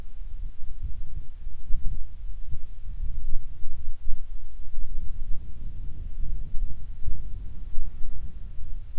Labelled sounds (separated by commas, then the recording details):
wind, insects
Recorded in the Arctic National Wildlife Refuge, Alaska, on 7 July 2019 at 18:34
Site 41